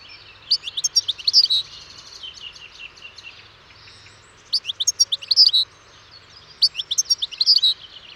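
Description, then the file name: European goldfinch song, three twittering bursts of tinkling, slurred notes with quiet gaps between. "Carduelis carduelis"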